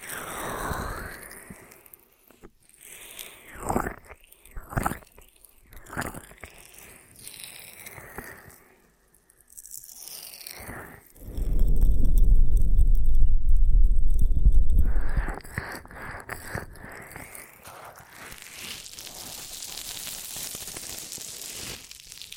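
Ear massage triggers: close rubbing and crunchy, sticky touches come in short bursts through the first ten seconds, with brief pauses between. Around eleven to fifteen seconds a dense, low rumbling rub takes over, then softer brushing and hissy textures continue to the end.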